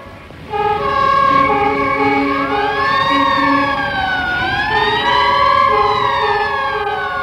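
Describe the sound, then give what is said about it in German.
Fire engine sirens blare loudly together, steady high horn-like tones layered under a wailing siren that rises and falls, continuing without pause and with no voices. “Was ist das? Sirenen. Die Brandstifter! Die Brandstifter! Schrei doch nicht so! Wo fahren die bloß hin?”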